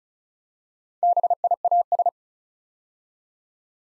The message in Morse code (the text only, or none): BIAS